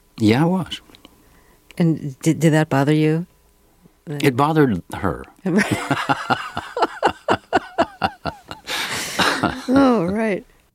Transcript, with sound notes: Yeah, I was.
And did that bother you...
It bothered her.
(Soundbite of laughter) Right. Oh, right.